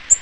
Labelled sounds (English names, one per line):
Black-throated Green Warbler flight call